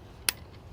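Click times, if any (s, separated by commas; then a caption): 0.3 s. The underfolding metal stock of a James River Armory Type 56 AK-pattern rifle is swung into position and latches into its locking latch on the receiver with a single sharp metallic click at 0.3 s, over a quiet background. The stock locks into place.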